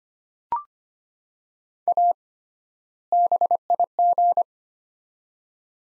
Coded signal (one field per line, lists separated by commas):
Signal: Morse code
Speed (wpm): 25 wpm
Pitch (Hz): 700 Hz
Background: none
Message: A BIG